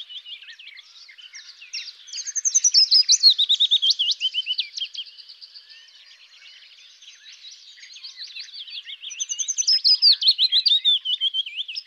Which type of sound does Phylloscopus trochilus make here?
song